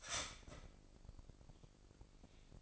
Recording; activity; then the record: daily activity, microphone in the room; start toaster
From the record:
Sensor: 5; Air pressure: 1007.3 hPa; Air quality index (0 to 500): 127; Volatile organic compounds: 1 ppm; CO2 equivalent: 967 ppm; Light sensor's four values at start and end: 25/59/24/24 and 25/59/24/24